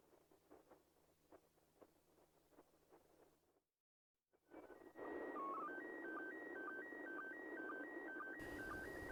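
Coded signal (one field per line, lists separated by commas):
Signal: SSTV (slow-scan television)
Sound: static, brief silence, then a warbling tone stepping between pitches with short low blips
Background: radio static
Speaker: 1344 UTC there were 944 in every local time the signal it triggers the RX s STD application well into the second pass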